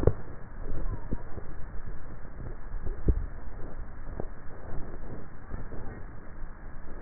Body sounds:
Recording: swallowing sounds by neck microphone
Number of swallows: 2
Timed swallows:
0.48-1.38 s: swallow
2.58-3.62 s: swallow
From the record:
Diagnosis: dysphagia

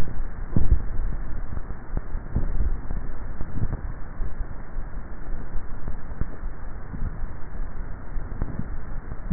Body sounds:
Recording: swallowing sounds by neck microphone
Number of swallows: 2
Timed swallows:
0.75-1.38 s: swallow
2.52-3.15 s: swallow
From the record:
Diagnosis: dysphagia

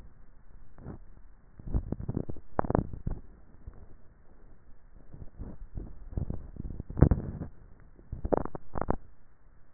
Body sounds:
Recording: swallowing sounds by neck microphone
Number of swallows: 2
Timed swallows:
1.55-2.48 s: swallow
6.22-7.28 s: swallow
From the record:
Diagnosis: dysphagia

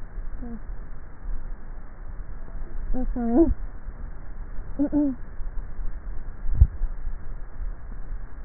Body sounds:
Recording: swallowing sounds by neck microphone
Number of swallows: 1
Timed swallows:
6.48-7.28 s: swallow
From the record:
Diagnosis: dysphagia

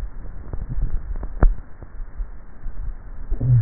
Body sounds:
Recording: swallowing sounds by neck microphone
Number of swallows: 2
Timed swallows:
0.49-2.67 s: swallow
2.86-3.56 s: swallow
From the record:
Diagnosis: dysphagia

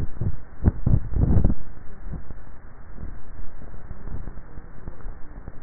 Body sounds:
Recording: swallowing sounds by neck microphone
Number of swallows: 1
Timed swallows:
0.82-1.62 s: swallow
From the record:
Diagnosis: dysphagia

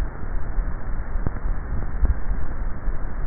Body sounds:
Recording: swallowing sounds by neck microphone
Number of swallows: 1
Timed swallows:
1.82-2.55 s: swallow
From the record:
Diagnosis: dysphagia

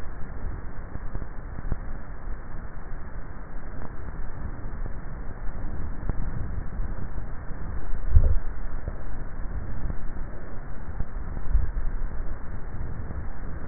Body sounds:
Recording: swallowing sounds by neck microphone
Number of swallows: 2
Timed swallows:
7.98-8.82 s: swallow
11.48-12.02 s: swallow
From the record:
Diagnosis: dysphagia

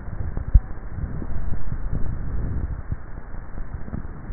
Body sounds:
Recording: swallowing sounds by neck microphone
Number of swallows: 1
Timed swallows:
1.32-2.08 s: swallow
From the record:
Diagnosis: dysphagia

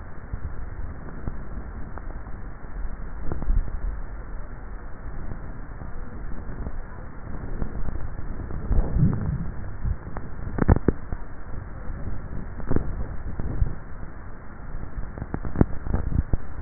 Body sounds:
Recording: swallowing sounds by neck microphone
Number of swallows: 2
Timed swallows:
3.25-4.78 s: swallow
7.78-8.88 s: swallow
From the record:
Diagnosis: dysphagia

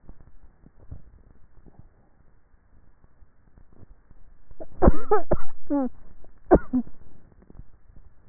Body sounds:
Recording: swallowing sounds by neck microphone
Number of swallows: 2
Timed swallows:
0.75-1.82 s: swallow
7.42-8.12 s: swallow
From the record:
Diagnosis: dysphagia

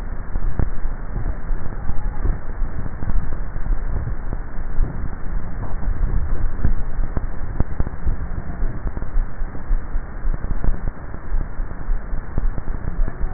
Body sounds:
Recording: swallowing sounds by neck microphone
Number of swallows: 1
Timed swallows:
5.88-7.92 s: swallow
From the record:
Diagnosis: dysphagia

